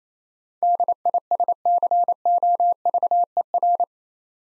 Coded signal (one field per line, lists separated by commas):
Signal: Morse code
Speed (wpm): 28 wpm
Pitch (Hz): 700 Hz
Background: none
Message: DISCOVER